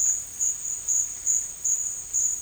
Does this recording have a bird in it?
no